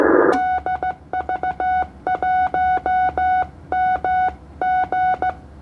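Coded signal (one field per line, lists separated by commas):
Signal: Morse code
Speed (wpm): 16 wpm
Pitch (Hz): 740 Hz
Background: none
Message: DV1MG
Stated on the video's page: CW DX contact on the 15m band (21 MHz) between Indonesia and the Philippines at 20 watts.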